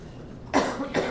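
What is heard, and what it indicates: Two short, explosive coughs about half a second apart, fairly dry with a slight hacking edge, break into a quiet pause in speech. This is an ordinary cough from an adult woman who has a bad cold.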